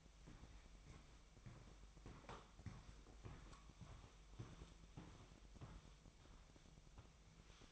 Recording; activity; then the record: daily activity, microphone in the room; walk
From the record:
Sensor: 1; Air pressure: 1001.6 hPa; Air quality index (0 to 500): 222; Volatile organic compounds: 30 ppm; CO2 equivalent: 2962 ppm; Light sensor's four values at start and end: 9/32/11/13 and 9/31/11/12